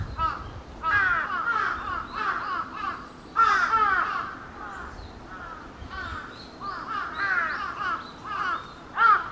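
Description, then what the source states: Large-billed crow giving rough, hoarse caws in clustered bursts separated by brief lulls. Recorded 22 July 2021.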